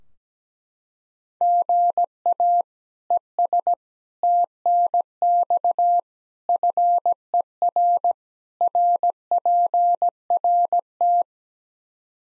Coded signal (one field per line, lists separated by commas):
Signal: Morse code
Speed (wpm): 17 wpm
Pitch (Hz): 700 Hz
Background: none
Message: GA ES TNX FER RPRT